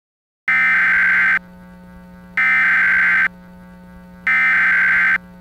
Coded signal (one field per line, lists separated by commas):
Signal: Emergency Alert System (SAME) tones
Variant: header bursts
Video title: EAS Scenario: Parkland High